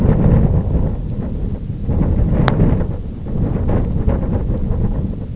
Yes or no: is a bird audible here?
no